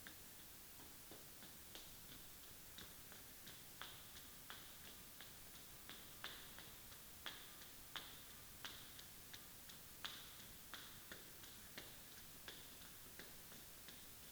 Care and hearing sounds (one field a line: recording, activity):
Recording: daily activity, guitar pickup as the sensor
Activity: run